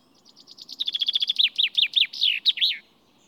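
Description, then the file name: Common chaffinch song: a rapid run of sharp notes that speeds up, then slower descending slurred notes and a final flourish, about two and a half seconds long. "Fringilla coelebs"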